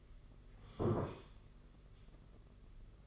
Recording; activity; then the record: daily activity, microphone in the room; sit down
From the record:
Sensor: 4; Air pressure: 992.5 hPa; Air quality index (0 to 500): 117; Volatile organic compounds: 26 ppm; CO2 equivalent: 2853 ppm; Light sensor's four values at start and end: 20/72/26/27 and 20/72/26/27